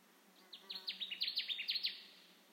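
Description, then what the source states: Connecticut warbler song: a quick burst of many loud, ringing, downslurred notes in rapid series. Recorded on 10 June 2021.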